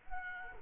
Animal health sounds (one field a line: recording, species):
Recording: mosquito wingbeat signal from an infrared sensor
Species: Culex quinquefasciatus